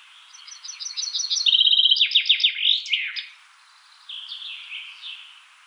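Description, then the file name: Common chaffinch song: accelerating high notes become a bright descending trill ending in a flourish, then a second, shorter phrase follows after a short pause. "Fringilla coelebs"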